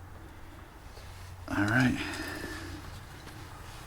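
Someone talks briefly around 1.5–2.0 s while fiddling with the red locking tab on the wiring connector of a Luxe tinted LED side marker. The lock will not close, and nothing has seated or clicked yet.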